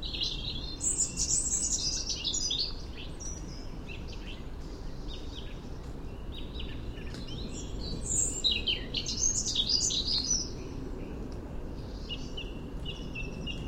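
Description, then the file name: European robin song in two bursts of high, jumbled, tinkling notes separated by a quieter stretch with faint twitters and noisy background. "Erithacus rubecula"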